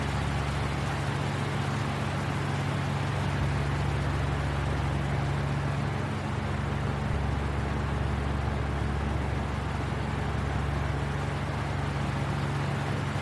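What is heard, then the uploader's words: An electric fan runs steadily, a dense, even rush of air over a low motor hum. The hum's low tones shift slightly every few seconds, but the loudness never changes, and nothing else is heard. Soothing Oscillating Fan Sounds.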